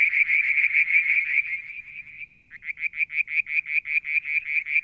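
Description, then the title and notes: Frogs: a trill of dense pulses dropping away, then a new run of distinct, evenly repeated pulsed notes. Striped marsh frog, Verreaux's tree frog and an unidentified frog, one evening near a water tank at Mount Wilson, New South Wales, Australia, July 2022. "Frog song, Mount Wilson, New South Wales, Australia in July 2022 – by Alexander Moffatt. Limnodynastes Peronii, Litoria Verreauxii and a mystery frog one evening near the water tank"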